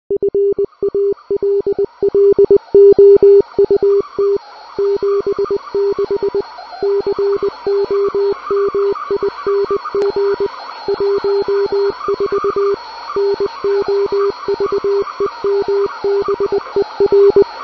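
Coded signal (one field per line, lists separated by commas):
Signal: Morse code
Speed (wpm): 20 wpm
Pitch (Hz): 400 Hz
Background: music, radio noise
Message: FALLOUT 76 COMING 14 NOVEMBER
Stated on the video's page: Secret Morse code message in a Fallout 76 game teaser.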